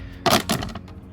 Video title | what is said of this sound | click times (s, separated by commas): Infiniti G37 Battery replacement (2009-2013) | Just a couple little clicks here. | 0.3 s, 0.5 s